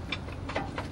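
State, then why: Not seated. A rescue strut jack's extension section is handled and brought up to the strut before it locks in place. Faint, sharp metallic taps come near 0.1, 0.6 and 0.8 seconds over a steady low hum. Nothing has seated or locked yet.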